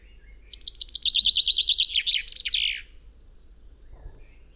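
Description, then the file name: Common chaffinch song, a rapid series of sweet repeated notes falling in pitch, closing with an emphatic flourish, then quiet. "Fringilla coelebs"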